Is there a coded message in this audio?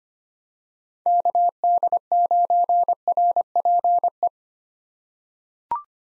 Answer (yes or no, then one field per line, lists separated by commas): yes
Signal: Morse code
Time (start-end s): 1.1-4.3 s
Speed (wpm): 25 wpm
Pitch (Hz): 700 Hz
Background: none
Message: KD9RPE